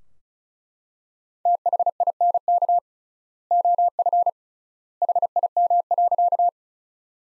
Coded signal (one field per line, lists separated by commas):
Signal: Morse code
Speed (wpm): 36 wpm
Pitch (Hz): 700 Hz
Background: none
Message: THINK OF HIM.